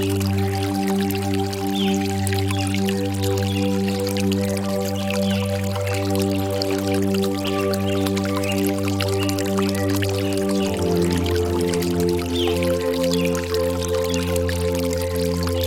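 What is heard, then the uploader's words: A stream trickles and splashes with fine, busy flicks of water across the whole clip. Underneath sits a loud, steady low drone with layered tones that shifts pitch slightly around eleven seconds, then continues unchanged. Loudness stays even throughout. Peaceful River Sounds. Stream sounds. Brook sounds.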